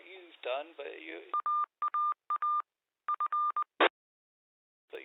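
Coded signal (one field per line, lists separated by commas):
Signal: Morse code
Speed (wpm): 20 wpm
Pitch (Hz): 1200 Hz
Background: speech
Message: AAA F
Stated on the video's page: 2m VHF amateur signal received near Chepstow, UK on an RTL-SDR V3 dongle with a discone or 1m vertical antenna.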